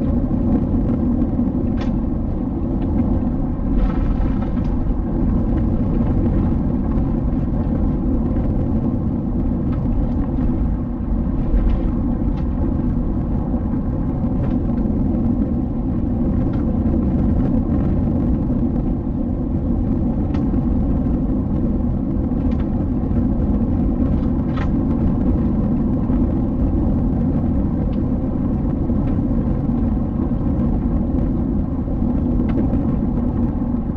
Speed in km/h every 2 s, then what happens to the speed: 80, 79, 79, 78, 78, 72, 77, 76, 76, 77, 80, 81, 81, 81, 87, 80, 80.
0-34 steady at about 79.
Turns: none.